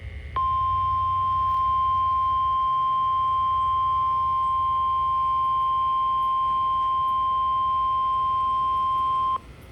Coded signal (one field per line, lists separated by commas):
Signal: Emergency Alert System (SAME) tones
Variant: 1050 Hz attention tone